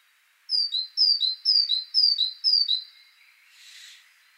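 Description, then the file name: Great tit song: five quick two-note phrases, a high note dropping to a lower one, repeated steadily, followed by a short burst of hissing noise. "Parus major"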